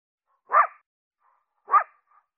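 Coyote uttering two short, hoarse barks about a second apart.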